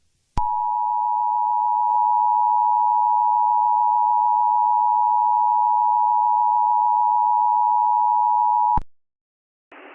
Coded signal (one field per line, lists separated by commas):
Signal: Emergency Alert System (SAME) tones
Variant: 853 and 960 Hz attention tone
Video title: EAS Scenario | Smile Dog (#93)